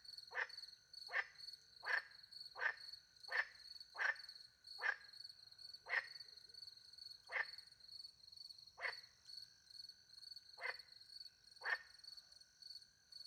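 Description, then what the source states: Frog calling with a run of quick rasping croaks that slow and spread out, against a constant high-pitched cricket chorus. Recorded by night in the French countryside beside a little pond, with crickets; microphones hidden in a tree near the pond; two Usi Pro microphones into a MixPre-10 II recorder.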